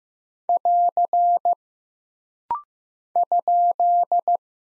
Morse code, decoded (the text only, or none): <AR> ?